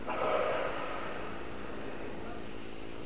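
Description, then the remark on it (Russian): A deep breath pushed out through the nose during a breathing exercise, after an inhale and a held breath: a breathy rush that swells at the start and then trails off into a long, steady, soft hiss, with no talking. “Еще раз делаем вдох. Задержку, не дышим. Выдох.”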